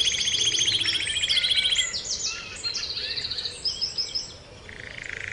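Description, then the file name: Canary song with rapid trills, then varied sweeping chirps and quick note series, ending in a softer buzzy trill. Canary training song (kenari terapi), posted October 2013. "kenari terapi omkicau"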